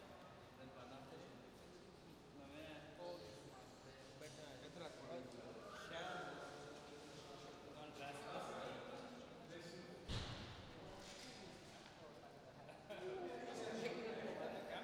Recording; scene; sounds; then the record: everyday scene through a hearing-aid microphone; reverberant space; background noise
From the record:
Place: railway station hall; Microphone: in the ear canal, right